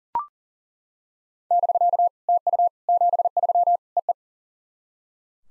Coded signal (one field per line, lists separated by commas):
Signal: Morse code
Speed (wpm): 40 wpm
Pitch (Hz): 700 Hz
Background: none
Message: <BK> TU 73 EE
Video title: SOTA QSO Practice 40wpm